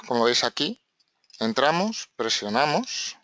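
A push-pull connector housing is being pushed onto its mating base while someone talks throughout. The housing is handled and pressed toward the base, but nothing has seated or clicked yet.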